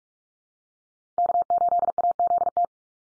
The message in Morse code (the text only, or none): K8AZT